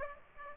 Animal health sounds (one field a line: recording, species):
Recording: mosquito wingbeat signal from an infrared sensor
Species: Aedes aegypti